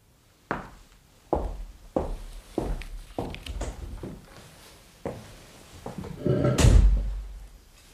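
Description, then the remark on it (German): Steady, heavy footsteps walk away with about eight evenly spaced thuds, then a door shuts with a loud, booming slam and a short rumbling tail. No one speaks. “Gehen Sie, Radius. Ich gehe.”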